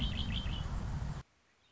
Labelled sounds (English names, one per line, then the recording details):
Red-winged Blackbird
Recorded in Sonoma County, California